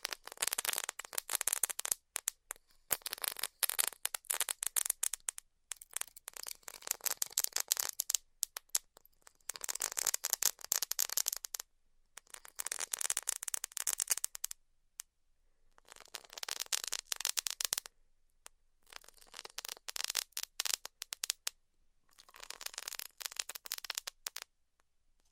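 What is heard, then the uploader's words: Styrofoam being cut with a hot tool, heard as dense, bright crackling hiss that comes in bursts of a few seconds each. Short silent pauses separate the passes, and the first few seconds are choppier, with quick stops and starts. ASMR Styrofoam Heat Cutting (No Talking).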